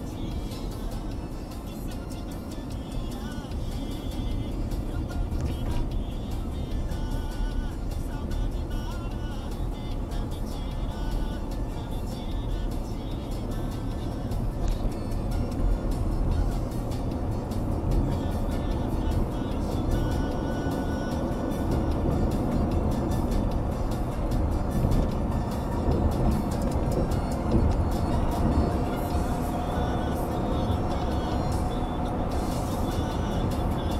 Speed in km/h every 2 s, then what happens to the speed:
32, 32, 32, 32, 33, 35, 38, 42, 48, 54, 61, 66, 70, 75, 79, 81, 82.
0-11 steady at about 32. 11-34 speeds up to 82.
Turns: none.